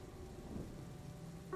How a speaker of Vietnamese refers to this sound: Mưa rơi lất phất trên người làm cho nó rét run, cố ngồi thu lu trong góc nhà để tránh mưa.